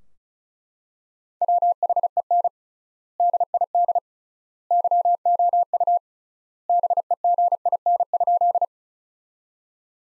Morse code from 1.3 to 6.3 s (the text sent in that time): WHEN DID YOU